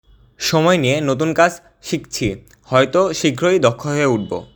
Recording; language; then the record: elicited speech; Bengali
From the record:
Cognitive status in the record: cognitively healthy